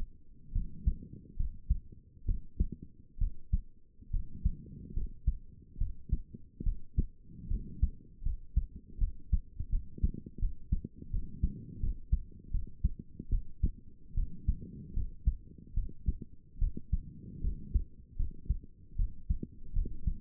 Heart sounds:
heart sounds by stethoscope; 75 bpm
0.52 s: heartbeat
1.36 s: heartbeat
2.25 s: heartbeat
3.18 s: heartbeat
4.10 s: heartbeat
4.93 s: heartbeat
5.77 s: heartbeat
6.63 s: heartbeat
7.48 s: heartbeat
8.22 s: heartbeat
8.98 s: heartbeat
9.69 s: heartbeat
10.39 s: heartbeat
11.10 s: heartbeat
11.80 s: heartbeat
12.51 s: heartbeat
13.29 s: heartbeat
14.14 s: heartbeat
14.93 s: heartbeat
15.74 s: heartbeat
16.58 s: heartbeat
17.41 s: heartbeat
18.16 s: heartbeat
18.96 s: heartbeat
19.73 s: heartbeat
From the record:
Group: healthy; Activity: rest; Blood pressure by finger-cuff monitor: 143/79 mmHg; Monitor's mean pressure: 97 mmHg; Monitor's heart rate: 72 bpm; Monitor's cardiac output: 6.5 L/min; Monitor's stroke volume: 91 mL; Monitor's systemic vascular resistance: 1110 dyn s/cm5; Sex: female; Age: 22 years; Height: 154 cm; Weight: 58.7 kg

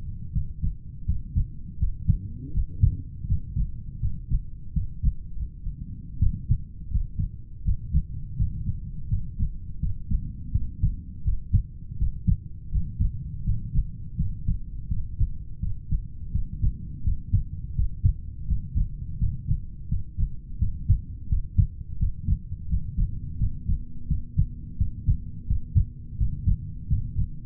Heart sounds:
heart sounds by stethoscope; 84 bpm
0.31 s: heartbeat
1.04 s: heartbeat
1.77 s: heartbeat
2.51 s: heartbeat
3.25 s: heartbeat
3.98 s: heartbeat
4.72 s: heartbeat
5.32 s: heartbeat
6.18 s: heartbeat
6.89 s: heartbeat
7.63 s: heartbeat
8.35 s: heartbeat
9.07 s: heartbeat
9.78 s: heartbeat
10.50 s: heartbeat
11.23 s: heartbeat
11.96 s: heartbeat
12.69 s: heartbeat
13.43 s: heartbeat
14.15 s: heartbeat
14.87 s: heartbeat
15.58 s: heartbeat
16.31 s: heartbeat
17.02 s: heartbeat
17.74 s: heartbeat
18.45 s: heartbeat
19.17 s: heartbeat
19.87 s: heartbeat
20.57 s: heartbeat
21.27 s: heartbeat
21.97 s: heartbeat
22.67 s: heartbeat
23.37 s: heartbeat
24.06 s: heartbeat
24.76 s: heartbeat
25.45 s: heartbeat
26.16 s: heartbeat
26.86 s: heartbeat
From the record:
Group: heart failure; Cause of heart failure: idiopathic cardiomyopathy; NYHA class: 2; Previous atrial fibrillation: present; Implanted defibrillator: present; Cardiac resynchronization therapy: present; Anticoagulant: warfarin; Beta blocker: metoprolol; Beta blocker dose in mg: 50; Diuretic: furosemide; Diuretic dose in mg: 40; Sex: male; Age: 62 years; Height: 184 cm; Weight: 101 kg

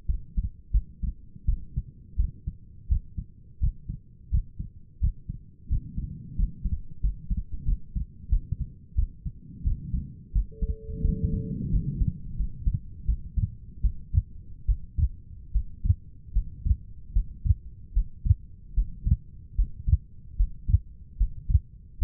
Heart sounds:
heart sounds by stethoscope; 82 bpm
0.07 s: heartbeat
0.72 s: heartbeat
1.46 s: heartbeat
2.17 s: heartbeat
2.89 s: heartbeat
3.61 s: heartbeat
4.31 s: heartbeat
5.01 s: heartbeat
5.69 s: heartbeat
6.36 s: heartbeat
7.01 s: heartbeat
7.66 s: heartbeat
8.30 s: heartbeat
8.96 s: heartbeat
9.64 s: heartbeat
10.33 s: heartbeat
11.02 s: heartbeat
11.70 s: heartbeat
12.37 s: heartbeat
13.06 s: heartbeat
13.82 s: heartbeat
14.66 s: heartbeat
15.52 s: heartbeat
16.33 s: heartbeat
17.13 s: heartbeat
17.93 s: heartbeat
18.74 s: heartbeat
19.56 s: heartbeat
20.37 s: heartbeat
21.18 s: heartbeat
21.99 s: heartbeat
From the record:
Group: healthy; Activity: rest 0-13 s, Valsalva maneuver 13-22 s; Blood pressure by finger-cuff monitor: 112/73 mmHg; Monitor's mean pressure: 90 mmHg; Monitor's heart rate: 83 bpm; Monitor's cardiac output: 6.3 L/min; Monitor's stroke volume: 77 mL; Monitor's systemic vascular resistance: 880 dyn s/cm5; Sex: female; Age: 37 years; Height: 168 cm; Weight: 70 kg

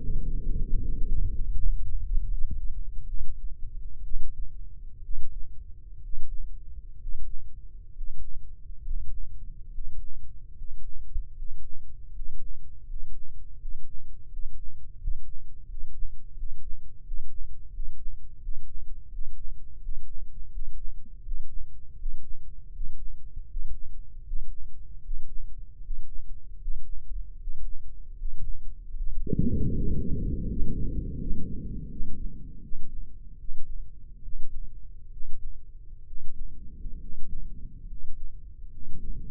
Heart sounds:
heart sounds by microphone in the left ear; 76 bpm
0.76 s: heartbeat
1.51 s: heartbeat
2.25 s: heartbeat
3.05 s: heartbeat
4.01 s: heartbeat
5.00 s: heartbeat
6.00 s: heartbeat
6.96 s: heartbeat
7.90 s: heartbeat
8.80 s: heartbeat
9.67 s: heartbeat
10.51 s: heartbeat
11.31 s: heartbeat
12.08 s: heartbeat
12.83 s: heartbeat
13.55 s: heartbeat
14.26 s: heartbeat
14.96 s: heartbeat
15.64 s: heartbeat
16.33 s: heartbeat
17.01 s: heartbeat
17.69 s: heartbeat
18.38 s: heartbeat
19.09 s: heartbeat
19.79 s: heartbeat
20.49 s: heartbeat
21.21 s: heartbeat
21.96 s: heartbeat
22.71 s: heartbeat
23.46 s: heartbeat
24.23 s: heartbeat
25.01 s: heartbeat
25.80 s: heartbeat
26.58 s: heartbeat
27.37 s: heartbeat
28.15 s: heartbeat
28.94 s: heartbeat
29.71 s: heartbeat
30.46 s: heartbeat
31.17 s: heartbeat
31.88 s: heartbeat
32.61 s: heartbeat
33.37 s: heartbeat
34.21 s: heartbeat
35.10 s: heartbeat
36.05 s: heartbeat
36.98 s: heartbeat
37.86 s: heartbeat
38.69 s: heartbeat
From the record:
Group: healthy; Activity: breath hold 0-28 s, rest 28-39 s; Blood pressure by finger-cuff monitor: 117/75 mmHg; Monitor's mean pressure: 86 mmHg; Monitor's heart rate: 79 bpm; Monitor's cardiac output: 7.4 L/min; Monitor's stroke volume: 93 mL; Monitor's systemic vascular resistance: 850 dyn s/cm5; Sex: male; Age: 23 years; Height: 178 cm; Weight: 96.6 kg

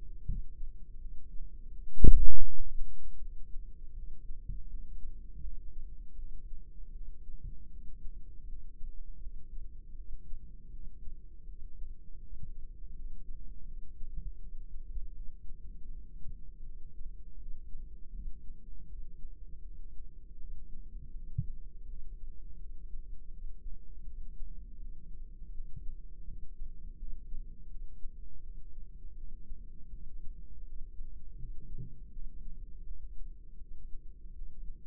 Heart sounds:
heart sounds by microphone in the right ear; 81 bpm
0.26 s: heartbeat
0.99 s: heartbeat
1.71 s: heartbeat
2.44 s: heartbeat
3.19 s: heartbeat
3.94 s: heartbeat
4.68 s: heartbeat
5.41 s: heartbeat
6.16 s: heartbeat
6.92 s: heartbeat
7.70 s: heartbeat
8.46 s: heartbeat
9.20 s: heartbeat
9.96 s: heartbeat
10.71 s: heartbeat
11.46 s: heartbeat
12.20 s: heartbeat
12.93 s: heartbeat
13.65 s: heartbeat
14.38 s: heartbeat
15.13 s: heartbeat
15.88 s: heartbeat
16.63 s: heartbeat
17.37 s: heartbeat
18.12 s: heartbeat
18.87 s: heartbeat
19.62 s: heartbeat
20.38 s: heartbeat
21.13 s: heartbeat
21.86 s: heartbeat
22.58 s: heartbeat
23.31 s: heartbeat
24.04 s: heartbeat
24.78 s: heartbeat
25.52 s: heartbeat
26.25 s: heartbeat
26.96 s: heartbeat
27.68 s: heartbeat
28.41 s: heartbeat
29.15 s: heartbeat
29.90 s: heartbeat
30.64 s: heartbeat
31.37 s: heartbeat
32.10 s: heartbeat
32.84 s: heartbeat
33.58 s: heartbeat
34.33 s: heartbeat
From the record:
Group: healthy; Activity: cold pressor test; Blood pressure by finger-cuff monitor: 170/113 mmHg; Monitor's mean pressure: 135 mmHg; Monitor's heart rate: 81 bpm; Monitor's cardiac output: 4.8 L/min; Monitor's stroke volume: 60 mL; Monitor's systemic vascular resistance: 2080 dyn s/cm5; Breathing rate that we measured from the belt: 14 breaths a minute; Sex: female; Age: 51 years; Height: 162 cm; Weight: 70.04 kg

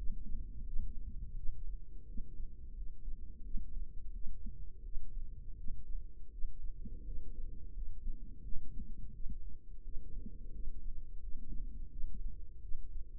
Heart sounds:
heart sounds by microphone in the left ear; 85 bpm
0.65 s: heartbeat
1.35 s: heartbeat
2.06 s: heartbeat
2.74 s: heartbeat
3.42 s: heartbeat
4.12 s: heartbeat
4.83 s: heartbeat
5.55 s: heartbeat
6.30 s: heartbeat
7.04 s: heartbeat
7.74 s: heartbeat
8.42 s: heartbeat
9.12 s: heartbeat
9.82 s: heartbeat
10.52 s: heartbeat
11.20 s: heartbeat
11.90 s: heartbeat
12.61 s: heartbeat
From the record:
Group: healthy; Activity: rest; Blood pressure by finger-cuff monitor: 96/59 mmHg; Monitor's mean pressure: 71 mmHg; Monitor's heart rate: 86 bpm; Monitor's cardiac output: 7.3 L/min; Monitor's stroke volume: 86 mL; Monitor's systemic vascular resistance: 700 dyn s/cm5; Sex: female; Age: 22 years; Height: 163 cm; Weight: 67.1 kg

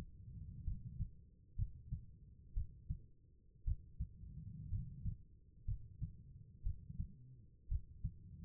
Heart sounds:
heart sounds by stethoscope; 60 bpm
0.64 s: heartbeat
1.56 s: heartbeat
2.54 s: heartbeat
3.64 s: heartbeat
4.69 s: heartbeat
5.65 s: heartbeat
6.63 s: heartbeat
7.68 s: heartbeat
From the record:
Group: healthy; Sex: female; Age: 36 years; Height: 163 cm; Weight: 88 kg

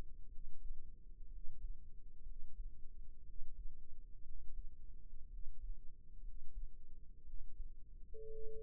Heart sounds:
heart sounds by microphone in the right ear; 60 bpm
0.29 s: heartbeat
1.28 s: heartbeat
2.24 s: heartbeat
3.23 s: heartbeat
4.23 s: heartbeat
5.28 s: heartbeat
6.22 s: heartbeat
7.24 s: heartbeat
8.29 s: heartbeat
From the record:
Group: healthy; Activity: rest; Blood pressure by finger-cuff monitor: 104/62 mmHg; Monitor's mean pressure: 74 mmHg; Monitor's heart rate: 60 bpm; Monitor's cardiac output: 5.4 L/min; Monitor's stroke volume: 93 mL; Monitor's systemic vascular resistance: 990 dyn s/cm5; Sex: male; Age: 22 years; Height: 181 cm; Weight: 79 kg

